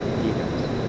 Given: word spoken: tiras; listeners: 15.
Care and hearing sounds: one Spanish word in noise, from a listening test; speech-shaped noise; -5.9 dB; 0 of 15; 9 of 15; 0.48 s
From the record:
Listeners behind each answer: 9, 1, 1, 1, 1, 1, 1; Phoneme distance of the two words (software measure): 20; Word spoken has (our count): 2 syllables, 5 phonemes, stress on syllable 1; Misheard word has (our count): 2 syllables, 5 phonemes, stress on syllable 1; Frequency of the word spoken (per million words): 6.94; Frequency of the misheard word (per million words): 34.94

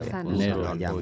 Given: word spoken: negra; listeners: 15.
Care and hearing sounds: one Spanish word in noise, from a listening test; four-talker babble; 0.5 dB; 1 of 15; 7 of 15; 0.62 s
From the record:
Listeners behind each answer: 7, 2, 2, 1, 1, 1, 1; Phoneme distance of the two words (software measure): 10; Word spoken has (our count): 2 syllables, 5 phonemes, stress on syllable 1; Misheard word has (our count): 2 syllables, 5 phonemes, stress on syllable 1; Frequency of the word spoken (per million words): 57.28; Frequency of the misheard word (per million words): 116.50

